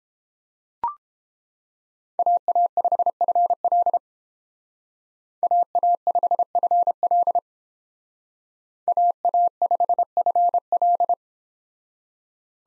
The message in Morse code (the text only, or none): AA5FL AA5FL AA5FL